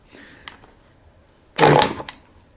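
A Neewer V-mount battery is dropped onto a Smallrig V-mount battery adapter plate on a BMPCC 6K Pro camera, giving a small click at 0.5 s. A burst of loud knocks follows at about 1.6 to 2.1 s as the battery comes loose. It was not fully latched on the plate.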